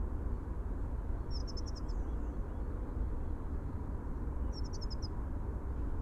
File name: Prunella modularis - Dunnock